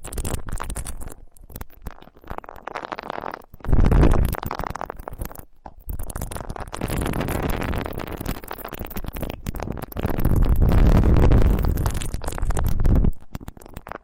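Ultra-fine touching around the ear, heard as soft rubbing and muffled brushing with gentle crackles. It comes in uneven waves, with deeper, heavier rumbling swells around 4 seconds and again from about 10 to 13 seconds, separated by brief near-silent gaps.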